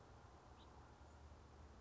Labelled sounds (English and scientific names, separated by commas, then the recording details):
House Finch (Haemorhous mexicanus)
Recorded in Sonoma County, California